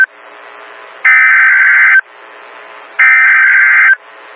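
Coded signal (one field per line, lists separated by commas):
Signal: Emergency Alert System (SAME) tones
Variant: header bursts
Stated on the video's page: Mock alerts using valid tones, built from NOAA All Hazards Weather Radio station audio in Upton, New York, before Hurricane Henri.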